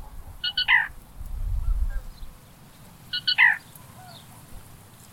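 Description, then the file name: Black rail calling with two sharp, clipped three-part phrases about two and a half seconds apart, bright notes falling into a lower burred ending; faint low rumble between. "Black Rail Laterallus jamaicensis"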